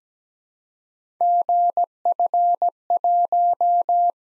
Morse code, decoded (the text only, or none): GF1